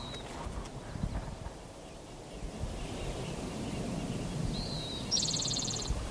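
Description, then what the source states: Spotted Towhee song: a thin whistled note near the start, then another short note and a brief buzzy trill near the end, over steady low rumbling background noise. First song of the day, View Road, Stanislaus National Forest, 5 May 2018.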